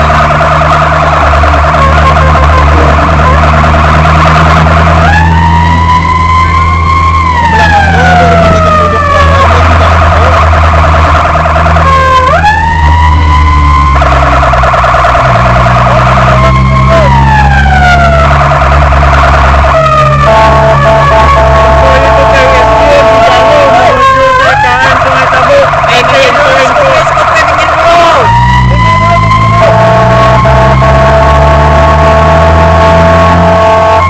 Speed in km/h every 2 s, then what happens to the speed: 54, 54, 58, 59, 60, 57, 55, 51, 47, 50, 50, 47, 39, 30, 25, 31, 38.
0-8 speeds up to 60. 8-15 slows to 47. 15-21 steady at about 50. 21-28 brakes to 25. 28-34 speeds up to 38.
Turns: none.